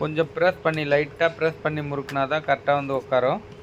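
An RO membrane is pressed lightly and twisted by hand into its plastic membrane housing while someone talks throughout. The membrane is handled but nothing has seated or clicked yet.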